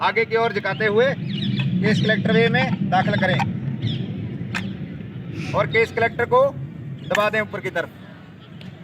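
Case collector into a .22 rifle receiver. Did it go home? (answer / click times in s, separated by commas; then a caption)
yes / 8.6 s. A case collector is pushed upward into its slot on a .22 training rifle. Someone talks through most of the clip over a low background rumble. A sharp click at 8.6 s marks the case collector locking into place.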